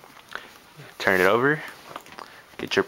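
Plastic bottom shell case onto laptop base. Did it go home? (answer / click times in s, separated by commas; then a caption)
yes / 0.4 s. After its two top tabs are hooked, a plastic Speck bottom case half is pushed down onto the base of a MacBook Pro 13", and it snaps into place with a sharp click at 0.35 s, fully seated. Someone then talks, followed by a few soft handling knocks.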